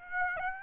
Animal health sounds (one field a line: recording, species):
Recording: mosquito wingbeat signal from an infrared sensor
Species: Aedes aegypti